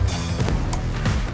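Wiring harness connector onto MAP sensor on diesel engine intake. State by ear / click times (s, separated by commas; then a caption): seated / 0.7 s. A plastic wiring harness connector is pushed back onto the MAP sensor on the diesel engine intake of a 2011-19 Ford 6.7L Powerstroke, after a spacer is installed to keep carbon and soot out of the sensor. Over steady broadband background noise, faint knocks come at 0.5 s and 1.1 s, and a sharp click at 0.7 s marks the connector seating.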